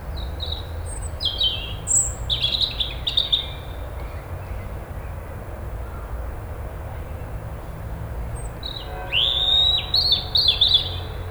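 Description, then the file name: European robin song: varied high twittering phrases early, a quiet gap, then a richer trilled burst near the end. "Erithacus rubecula"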